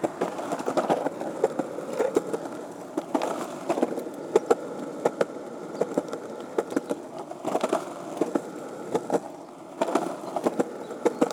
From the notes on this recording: grabbed my board and started skating